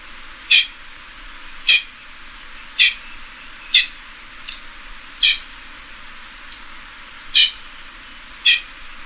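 Pheasant giving short harsh calls, repeated about once a second, with a steady low hiss underneath.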